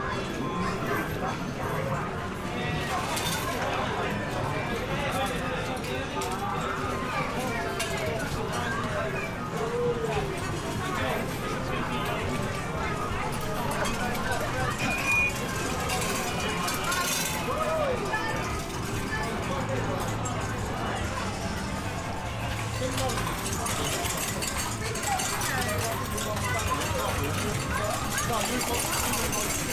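An English seaside town amusement arcade fills the clip with a dense, steady wash of lively chatter and whirring machines. Brief bright clinks and rattles, like coins, pop out now and then, while low rumbling hums run underneath throughout.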